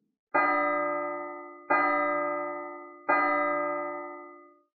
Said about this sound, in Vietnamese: Lại một hồi chuông vang lên, âm thanh vang dội khắp mọi nơi trên núi Tu Di, trầm bổng vang xa, thức tỉnh mỗi giấc mộng, đồng thời cũng khiến cho con người trong cõi trần thế thoát khỏi những dư vị của trần thế.